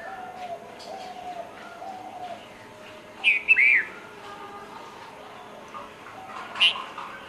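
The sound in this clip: Red-vented bulbul song: a short burst of bubbly, slurred notes around three seconds in, then a single brief sharp note near the end, over a steady low hum.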